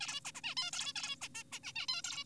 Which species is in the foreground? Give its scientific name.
Taeniopygia guttata